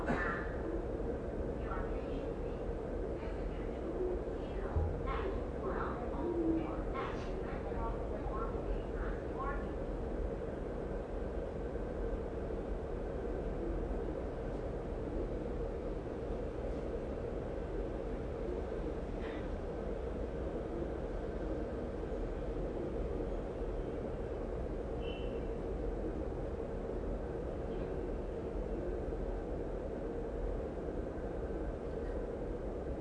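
At Taipei Main Station on the Taiwan Railway, a steady low rumble fills the whole 33 seconds, like a train idling or moving slowly. Brief clanks, squeaks and faint voices cluster in the first eight seconds, with a few isolated tones later, around 19 and 25 seconds.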